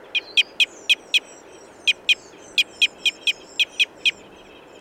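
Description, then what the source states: Red Crossbill calls: crisp, high, abrupt notes repeated several times a second in loose series, with a brief gap early on. Red Crossbill of call type N.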